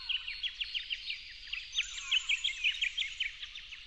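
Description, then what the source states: Yellow-faced honeyeater song of evenly spaced, sharp chirps that grow louder toward the end. At dawn, 08/01/12.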